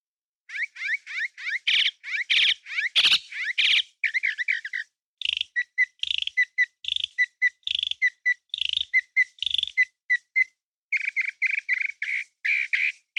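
Bird calls: bursts of rapid, sharp chirps, some slightly buzzy, repeated in quick runs with brief pauses near five and eleven seconds.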